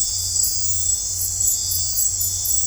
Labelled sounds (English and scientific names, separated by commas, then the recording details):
none
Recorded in dense forest near Puerto Asís, Putumayo, Colombia, on 15 December 2024 at 02:30
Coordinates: 0.503, -76.323
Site G043